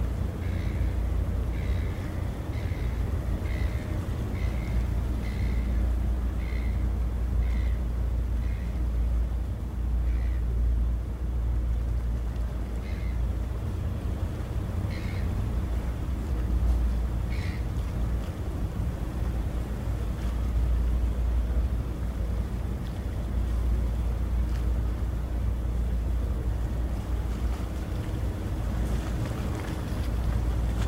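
A steady, heavy low rumble of ferry engines on the waterway fills the recording, with faint city sounds beneath. A run of short, regular clicks or taps repeats through the first ten seconds, then scattered ones follow, and the level stays even throughout.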